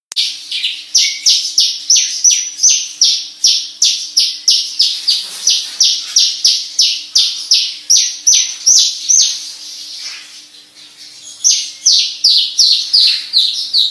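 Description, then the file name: Javan bush lark song of sharp, high chirped notes repeated in a fast steady series, about three per second, pausing briefly before resuming. Lure call to prompt a Javan bush lark that has stopped singing to sing again. "suara pancingan branjangan macet bunyi"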